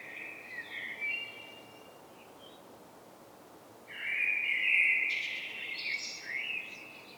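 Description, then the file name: Common blackbird song, a short quiet warble, then a silent gap, then a louder fluted phrase ending in high squeaky twittering notes. "Turdus merula"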